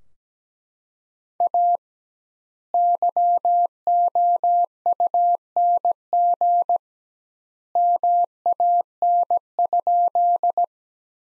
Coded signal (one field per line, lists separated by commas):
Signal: Morse code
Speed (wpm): 17 wpm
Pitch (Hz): 700 Hz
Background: none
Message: A YOUNG MAN?